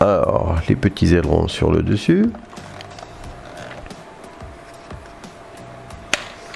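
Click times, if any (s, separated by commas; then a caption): 6.1 s. Someone talks for the first two seconds, then small plastic fins (ailerons) are fitted onto the top of a vintage toy aircraft body (Wind Raider) during assembly, with faint handling taps. A sharp click at 6.1 s marks the fin clicking into place and engaging.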